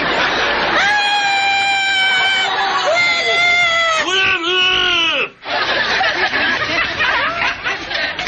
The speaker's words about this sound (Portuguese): O que está acontecendo? Nada. Apenas uns gritos.